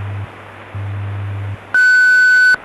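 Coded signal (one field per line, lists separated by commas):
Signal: radio time signal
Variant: WWV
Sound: low hum pulses, then a clear high tone lasting under a second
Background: radio static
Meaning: The long 1.5 kHz tone marks the top of the hour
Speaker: the tone 6 hours 0 minutes coordinated universal time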